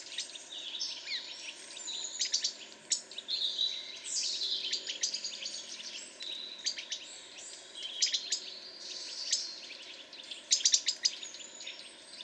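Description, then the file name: European robin singing a dense, jumbled series of high warbles, clicks and twittering trills almost without pause, with a faint low background hiss. "Erithacus rubecula"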